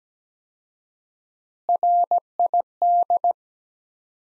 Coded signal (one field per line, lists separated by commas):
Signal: Morse code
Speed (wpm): 17 wpm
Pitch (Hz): 700 Hz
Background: none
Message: RID